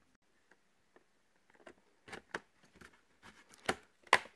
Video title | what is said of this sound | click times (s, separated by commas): Dream Gaming PC Build - Intel i7 7700K - Geforce GTX 1070 FTW2 - Asus Strix Z270F Gaming | dual channel natürlich klack | 4.1 s